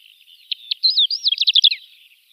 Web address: Schulze Peter Short-toed Lark song